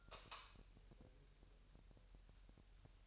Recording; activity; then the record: daily activity, microphone in the room; light off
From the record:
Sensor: 2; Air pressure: 1001.8 hPa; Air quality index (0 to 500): 241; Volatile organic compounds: 31 ppm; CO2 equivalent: 2985 ppm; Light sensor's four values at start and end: 8/22/9/9 and 4/10/4/4